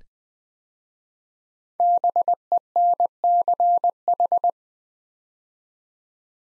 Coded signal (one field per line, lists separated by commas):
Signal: Morse code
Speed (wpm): 20 wpm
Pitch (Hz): 700 Hz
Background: none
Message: BENCH